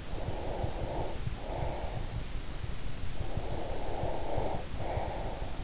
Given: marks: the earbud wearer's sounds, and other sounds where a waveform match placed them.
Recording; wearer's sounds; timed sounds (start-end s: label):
sounds in sleep by an in-ear microphone; breath
0.17-2.24 s: breath
3.26-5.64 s: breath